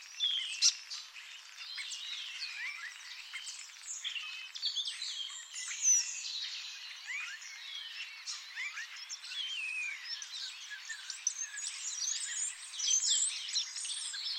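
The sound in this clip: Birds in a busy chorus of sharp high chirps and sweeping slurs overlapping throughout.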